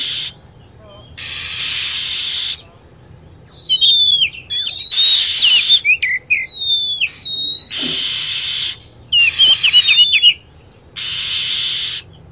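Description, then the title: Lovebird calling with dense bursts of shrill, twittering, down-slurred whistles, interrupted by recurring loud hiss segments. Lure sound used to attract lovebirds. "PIKAT BURUNG LOVEBIRD"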